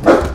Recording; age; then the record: pig call; growing-finishing pig (85 days or more)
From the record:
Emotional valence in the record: positive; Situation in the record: run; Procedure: transit